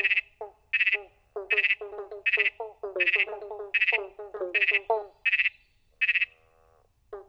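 Pobblebonk frogs in a chorus, clustered plunking notes with bright buzzy pulses repeating roughly every three-quarters of a second, a brief lull near the end.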